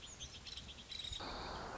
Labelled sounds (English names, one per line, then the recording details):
Nuttall's Woodpecker
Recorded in Sonoma County, California